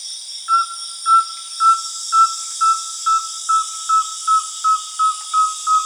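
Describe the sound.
Rusty-belted tapaculo giving a series of short, even whistled notes, two to three per second, on one pitch, with a continuous high insect drone behind.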